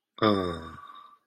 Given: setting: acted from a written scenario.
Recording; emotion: vocal sound without words; sadness